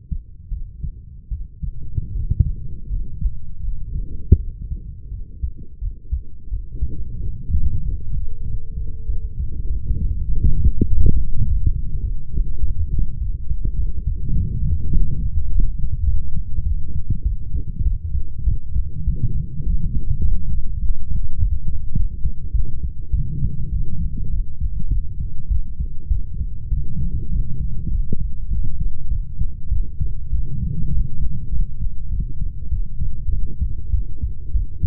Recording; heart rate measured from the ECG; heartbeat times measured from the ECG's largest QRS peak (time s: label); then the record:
heart sounds by stethoscope; 97 bpm
0.49 s: heartbeat
1.29 s: heartbeat
2.12 s: heartbeat
2.88 s: heartbeat
3.61 s: heartbeat
4.37 s: heartbeat
5.09 s: heartbeat
5.79 s: heartbeat
6.49 s: heartbeat
7.17 s: heartbeat
7.82 s: heartbeat
8.44 s: heartbeat
9.06 s: heartbeat
9.67 s: heartbeat
10.27 s: heartbeat
10.85 s: heartbeat
11.43 s: heartbeat
12.02 s: heartbeat
12.61 s: heartbeat
13.19 s: heartbeat
13.76 s: heartbeat
14.34 s: heartbeat
14.91 s: heartbeat
15.48 s: heartbeat
16.05 s: heartbeat
16.64 s: heartbeat
17.23 s: heartbeat
17.84 s: heartbeat
18.45 s: heartbeat
19.05 s: heartbeat
19.64 s: heartbeat
20.23 s: heartbeat
20.80 s: heartbeat
21.37 s: heartbeat
21.94 s: heartbeat
22.52 s: heartbeat
23.11 s: heartbeat
23.70 s: heartbeat
24.30 s: heartbeat
24.89 s: heartbeat
25.49 s: heartbeat
26.09 s: heartbeat
26.70 s: heartbeat
27.30 s: heartbeat
27.90 s: heartbeat
28.49 s: heartbeat
29.09 s: heartbeat
29.70 s: heartbeat
30.31 s: heartbeat
30.91 s: heartbeat
31.51 s: heartbeat
32.10 s: heartbeat
32.70 s: heartbeat
33.30 s: heartbeat
33.91 s: heartbeat
34.53 s: heartbeat
From the record:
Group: healthy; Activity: rest 0-8 s, light exercise 8-35 s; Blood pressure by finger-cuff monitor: 125/45 mmHg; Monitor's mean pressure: 74 mmHg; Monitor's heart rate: 100 bpm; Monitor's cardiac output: 13.3 L/min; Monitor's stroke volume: 135 mL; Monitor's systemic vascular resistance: 390 dyn s/cm5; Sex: female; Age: 32 years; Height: 168 cm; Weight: 61.9 kg